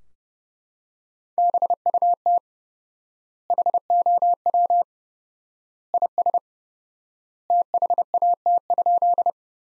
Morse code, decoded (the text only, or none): BUT HOW IS THAT?